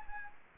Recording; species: mosquito wingbeat signal from an infrared sensor; Anopheles gambiae